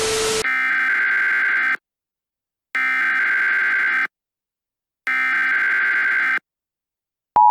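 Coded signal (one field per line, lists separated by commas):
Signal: Emergency Alert System (SAME) tones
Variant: header bursts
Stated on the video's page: Fictional EAS scenario alert, recorded in a game made for the recording.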